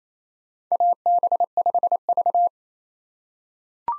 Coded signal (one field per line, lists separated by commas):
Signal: Morse code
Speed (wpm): 28 wpm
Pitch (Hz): 700 Hz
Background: none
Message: AB5V